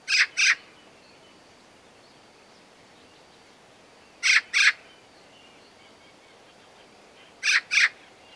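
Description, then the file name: Eurasian magpie giving harsh, rasping double chack notes, a pair roughly every three to four seconds, over a quiet hiss. "Pica pica"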